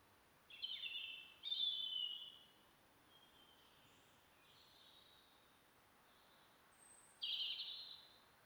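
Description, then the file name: European robin song: several separate high whistled phrases, two early and close together, softer ones midway, and a bright one near the end. "Erithacus rubecula"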